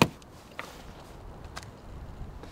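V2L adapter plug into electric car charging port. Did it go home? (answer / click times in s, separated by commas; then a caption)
yes / 0.0 s. A vehicle-to-load (V2L) adapter plug is pushed into the charging port of an IONIQ 5 electric car. It latches with a sharp click at 0.0 s, followed by fainter taps and knocks at about 0.6 s and 1.6 s, and the adapter is seated.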